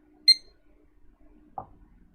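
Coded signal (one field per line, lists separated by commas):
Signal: beep code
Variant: motherboard POST beep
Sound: one short high beep, then quiet hum and a dull thump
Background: low hum, small room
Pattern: 1 short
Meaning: A single short beep means the power-on self test passed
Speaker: see all clear post beep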